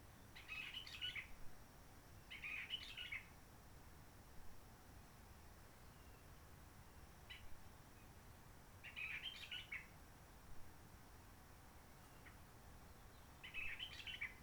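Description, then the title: Réunion bulbul sings brief rough, chirpy bursts at irregular intervals, separated by pauses and a few faint single notes, against low background hiss. Roche Merveilleuse forest, Réunion; quiet since 19 March 2020 lockdown, no hikers, microlights or helicopters; sunny blue sky; birds not very active; bulbul sings simpler, short phrases, habituated to aircraft noise pollution. "Roche Merveilleuse, Réunion - Merle de lîle de la Réunion."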